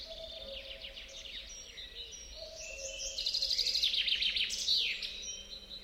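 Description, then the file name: Common chaffinch song, a fast run of sharp descending notes ending in a downward flourish, over a low hum. "Fringilla coelebs"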